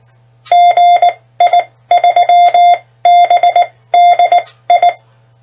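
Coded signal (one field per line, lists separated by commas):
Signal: Morse code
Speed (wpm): 19 wpm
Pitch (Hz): 700 Hz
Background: none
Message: GI3BDI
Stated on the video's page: Morse tutor with practice oscillator generating random letters, numbers, prosigns, callsigns, common words and CW abbreviations at variable speed and gap.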